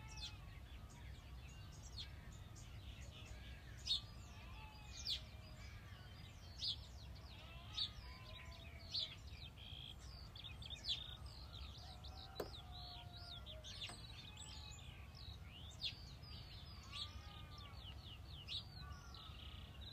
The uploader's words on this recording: New Zealand Hobbiton Bilbo Baggins’ Dawn Chorus 2023. Matamata Dawn Chorus.